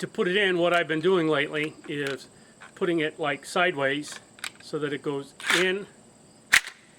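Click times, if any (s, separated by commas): 6.6 s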